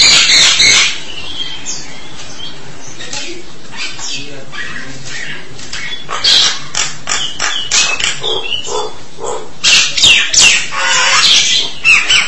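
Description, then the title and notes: Starling calls: a loud harsh outburst at the start, a quieter stretch, then clusters of sharp, rasping notes returning in the second half. "suara burung jalak"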